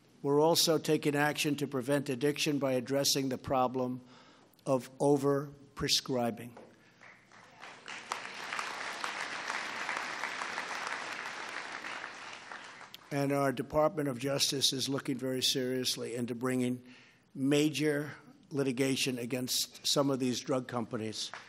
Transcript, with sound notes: We’re also taking action to prevent addiction by addressing the problem of overprescribing. (Applause.) And our Department of Justice is looking very seriously into bringing major litigation against some of these drug companies.